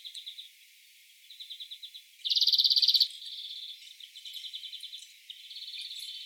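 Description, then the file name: European greenfinch giving rapid trilled calls: soft rattling trills, then one loud, fast trill lasting under a second, then more gentle trills. "Chloris chloris"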